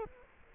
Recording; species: mosquito wingbeat signal from an infrared sensor; Culex quinquefasciatus